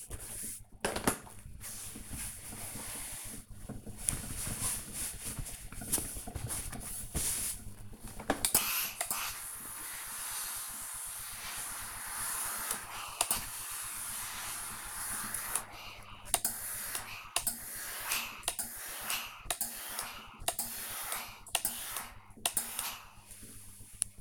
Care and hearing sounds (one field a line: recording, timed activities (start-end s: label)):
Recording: household activities, microphone on the right wrist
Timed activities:
0.00-24.21 s: ironing laundry